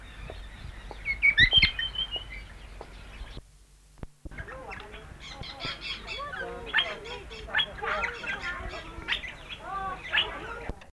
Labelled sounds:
Pale-headed Rosella (Platycercus adscitus) call

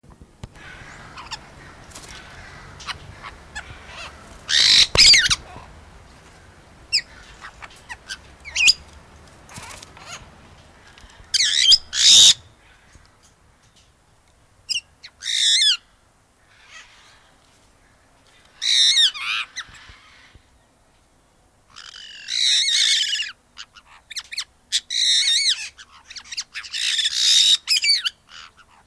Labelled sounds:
Black-headed Parrot (Pionites melanocephalus) call

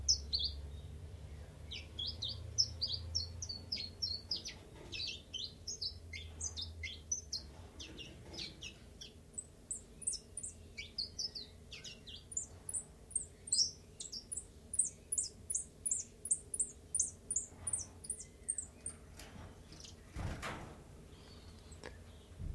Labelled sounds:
Common Chiffchaff (Phylloscopus collybita)

